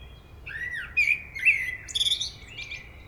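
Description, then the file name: Common blackbird delivering a flowing phrase of rich whistles swooping up and down, followed by high chattering squeaks near the end. "Turdus merula"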